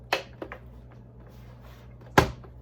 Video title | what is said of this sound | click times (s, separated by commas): Arkscan2054A unboxing and set up | that's the click it's looking for | 2.2 s